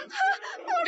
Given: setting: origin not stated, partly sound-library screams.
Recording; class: one-second piece from a danger detection set; woman in danger